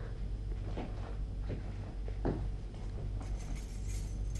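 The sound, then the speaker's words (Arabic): Light metallic clinks and rattles, a few sharp taps spaced irregularly, then a brief bright jingle near the end, like keys being handled, here a room key at 3 a.m., over a steady low background hum. “ايوة هو ده المفتاح.”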